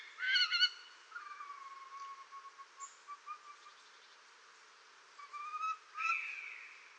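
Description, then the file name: Greater spotted eagle call: a loud harmonic yelp at the start, then fainter drawn-out whistled notes, and another sharp yelp near the end. "orlikgrubodzioby"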